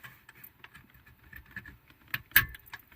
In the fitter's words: voilà là ça veut dire qu'il est bien clipsé